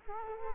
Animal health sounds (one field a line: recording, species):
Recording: mosquito wingbeat signal from an infrared sensor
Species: Culex quinquefasciatus